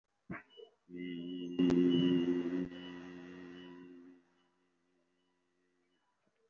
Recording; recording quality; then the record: sustained vowel as in beet; excellent, no background noise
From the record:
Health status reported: recovered from COVID-19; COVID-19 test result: positive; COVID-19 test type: RT-PCR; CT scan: taken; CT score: 0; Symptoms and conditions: cough, cold, breathing difficulty, fatigue, muscle pain, asthma, chronic lung disease, pneumonia, another respiratory illness, hypertension, another condition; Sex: male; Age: 54 years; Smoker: yes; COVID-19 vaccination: both doses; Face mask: worn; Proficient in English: no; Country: India